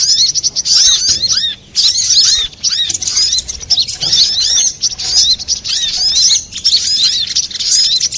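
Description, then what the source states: Little spiderhunter song, fast high twittering with looping chirps, delivered in long bursts separated by a few short gaps. Master recording of the Labaik type, made for training cage birds.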